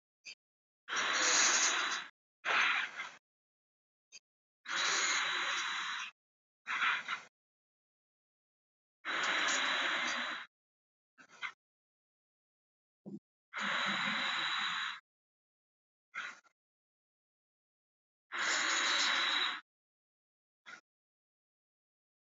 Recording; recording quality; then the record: deep breathing; excellent, no background noise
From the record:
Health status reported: healthy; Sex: female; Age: 25 years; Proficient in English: no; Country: India